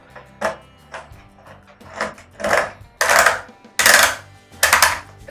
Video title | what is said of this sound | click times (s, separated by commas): Emergency Water Storage / Long Term Water Preservation | locks in good make sure | 3.8 s, 4.6 s